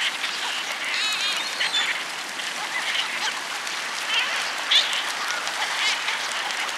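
Inca terns calling, with several harsh, wavering chattering calls overlapping and repeating throughout, set against a constant loud rushing hiss.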